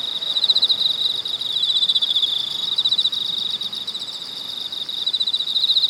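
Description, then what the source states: Cicadas buzz in a high, rapidly pulsed chorus, the throbbing sound swelling and fading repeatedly throughout. Cicadas in Weinan, China.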